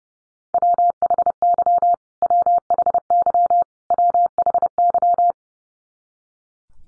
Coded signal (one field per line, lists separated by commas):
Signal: Morse code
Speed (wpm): 30 wpm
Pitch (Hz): 700 Hz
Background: none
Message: WHY WHY WHY